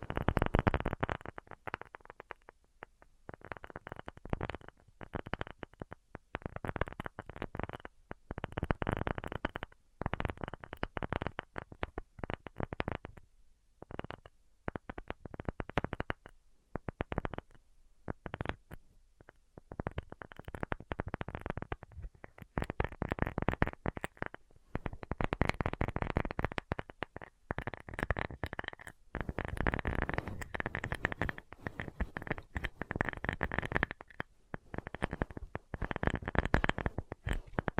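Tapping in dense, rapid runs of short, muffled knocks that fill most of the clip, with brief pauses near 3, 14 and 19 seconds. The taps are dull and rounded rather than bright, and the pace shifts from scattered bursts to tight, steady flurries later on.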